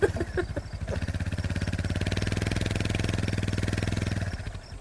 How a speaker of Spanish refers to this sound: Es una moto como del tiempo de Cristóbal Colón.